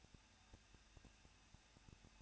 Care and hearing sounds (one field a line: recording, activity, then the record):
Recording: daily activity, microphone in the room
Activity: no activity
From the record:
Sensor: 2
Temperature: 21.0 degrees Celsius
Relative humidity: 37.3%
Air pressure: 1006.3 hPa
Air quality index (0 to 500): 220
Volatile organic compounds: 23 ppm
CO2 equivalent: 2783 ppm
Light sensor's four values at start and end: 2/3/2/2 and 2/3/2/2